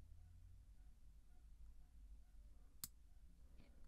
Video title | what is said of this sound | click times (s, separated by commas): Swatch x Omega Moonswatch Hack - How to make your Omega x Swatch Speedmaster look better! | when you hear that click you know that the second part of the pin went inside the second hole | 2.8 s